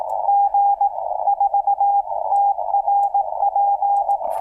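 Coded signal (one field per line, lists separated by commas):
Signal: Morse code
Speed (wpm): 18 wpm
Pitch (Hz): 800 Hz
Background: radio noise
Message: G4TRP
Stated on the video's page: Live-streamed CW practice by an operator getting back into CW, prone to mixing up numbers.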